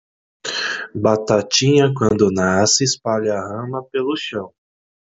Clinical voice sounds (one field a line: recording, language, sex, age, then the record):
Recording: short text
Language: Brazilian Portuguese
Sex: male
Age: 30 to 39 years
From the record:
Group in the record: control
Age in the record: 39 years